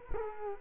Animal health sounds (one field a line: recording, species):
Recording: mosquito wingbeat signal from an infrared sensor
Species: Culex quinquefasciatus